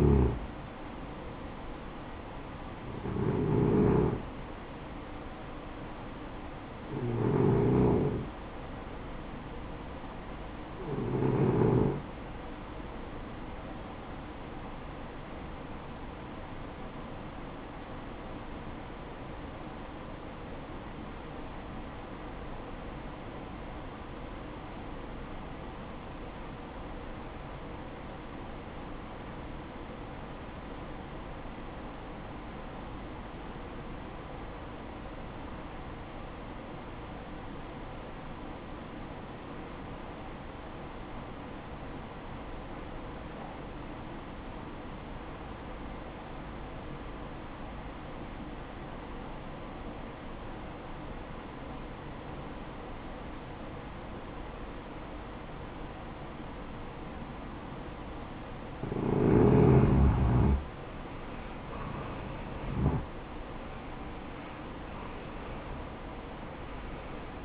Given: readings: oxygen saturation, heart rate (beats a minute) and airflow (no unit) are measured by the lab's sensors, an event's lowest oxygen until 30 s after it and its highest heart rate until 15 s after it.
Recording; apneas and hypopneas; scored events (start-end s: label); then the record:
breathing in sleep by a voice recorder at the bedside; 1
19.00-61.20 s: obstructive apnea (REM, oxygen 95% highest, then 78% lowest, heart rate 61 at the start, 75 highest)
From the record:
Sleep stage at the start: REM sleep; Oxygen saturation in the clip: 80 to 95%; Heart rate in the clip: 52 to 81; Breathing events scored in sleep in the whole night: 573 in 9.8 hours asleep